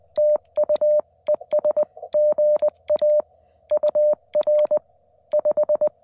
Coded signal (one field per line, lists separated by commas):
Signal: Morse code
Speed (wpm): 20 wpm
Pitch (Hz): 600 Hz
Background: none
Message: TU ES GA UR 5